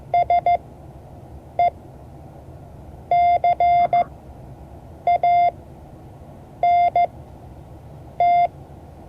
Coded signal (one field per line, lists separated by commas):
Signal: Morse code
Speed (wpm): 14 wpm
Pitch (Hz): 700 Hz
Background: none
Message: SECANT